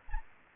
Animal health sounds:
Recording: mosquito wingbeat signal from an infrared sensor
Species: Aedes aegypti

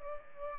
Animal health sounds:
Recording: mosquito wingbeat signal from an infrared sensor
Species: Culex pipiens

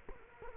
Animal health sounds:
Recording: mosquito wingbeat signal from an infrared sensor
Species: Culex quinquefasciatus

